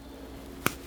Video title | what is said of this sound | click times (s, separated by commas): 2018 iMac Pro Memory upgrade, Step By Step for Dummies! | There we go, snaps right in. | 0.7 s